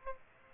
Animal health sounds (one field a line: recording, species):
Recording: mosquito wingbeat signal from an infrared sensor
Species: Aedes aegypti